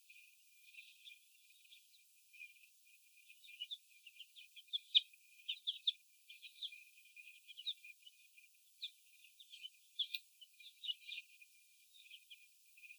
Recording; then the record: young laying hens in a cage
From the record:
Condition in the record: before the stressor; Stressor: sudden umbrella opening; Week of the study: 2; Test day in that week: 1